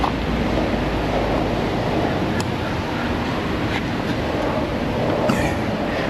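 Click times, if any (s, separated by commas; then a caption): none. A mechanic screws the original fuel filler cap onto a car's filler neck, turning it to tighten until it should give its one click, but the ratchet never clicks, and the cap is judged bad. Steady broadband rumbling noise fills the clip with a few faint brief ticks, and no click has sounded.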